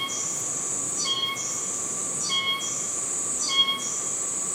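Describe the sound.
Oshima cicada calling in loud, harsh buzzy bursts high in pitch, each ending in short tonal notes, repeated roughly every second and a quarter.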